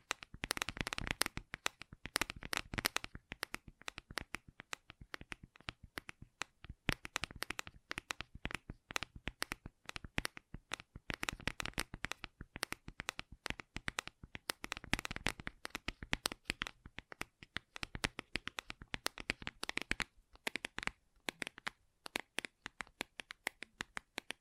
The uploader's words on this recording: ASMR Gentle Tapping.